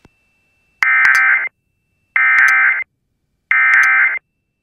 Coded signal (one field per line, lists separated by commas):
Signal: Emergency Alert System (SAME) tones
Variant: end-of-message bursts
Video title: One Alert, Three Stations | EAS Alerts from 5/29/2022 (EAS #2040-2045)